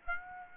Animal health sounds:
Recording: mosquito wingbeat signal from an infrared sensor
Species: Aedes aegypti

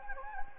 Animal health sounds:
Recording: mosquito wingbeat signal from an infrared sensor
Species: Anopheles gambiae

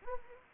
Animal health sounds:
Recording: mosquito wingbeat signal from an infrared sensor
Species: Anopheles gambiae

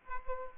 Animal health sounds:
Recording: mosquito wingbeat signal from an infrared sensor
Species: Aedes albopictus

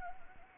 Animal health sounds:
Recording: mosquito wingbeat signal from an infrared sensor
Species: Anopheles arabiensis

